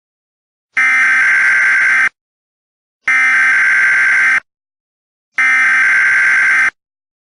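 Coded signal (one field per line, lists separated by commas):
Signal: Emergency Alert System (SAME) tones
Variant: header bursts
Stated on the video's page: Fictional paranormal emergency scenario for entertainment, using valid EAS tones.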